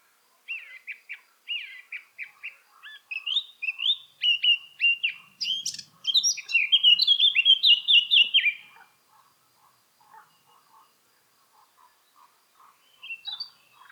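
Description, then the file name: Eurasian blackcap song: scratchy twittering warble building into loud, clear fluting phrases, then quiet chattering notes trailing off. "Sylvia atricapilla"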